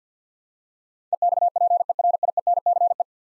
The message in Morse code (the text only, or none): EXPERIENCE